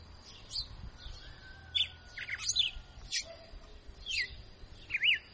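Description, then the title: Red-cowled cardinal song: scattered bright chirped and slurred notes over a hissy background with low rumble. Female singing; tutor bird singing vigorously. "Canto Galo Campina Fêmea. Galo de Campina Professor Açoitando"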